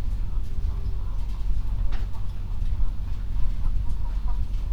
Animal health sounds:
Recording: poultry house recording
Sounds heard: healthy chickens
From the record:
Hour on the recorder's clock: 21

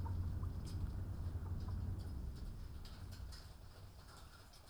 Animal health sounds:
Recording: poultry house recording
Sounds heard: healthy chickens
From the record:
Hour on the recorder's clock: 18

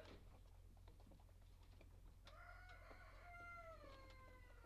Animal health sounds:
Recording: poultry house recording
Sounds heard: healthy chickens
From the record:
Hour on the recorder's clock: 1

